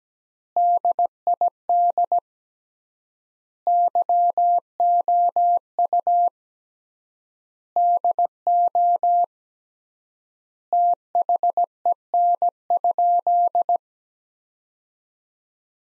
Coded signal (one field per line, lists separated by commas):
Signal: Morse code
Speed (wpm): 17 wpm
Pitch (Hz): 700 Hz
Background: none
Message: DID YOU DO THEN?